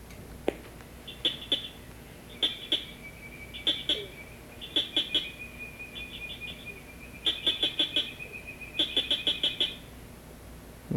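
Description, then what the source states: Southern cricket frog clicking calls in rapid bursts of high, sharp notes, grouped in short runs about every one to two seconds, with a faint steady high tone beneath. Call raspier, more constant and steady than the northern cricket frog's; does not go for long durations.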